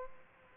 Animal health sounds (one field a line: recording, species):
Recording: mosquito wingbeat signal from an infrared sensor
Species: Aedes aegypti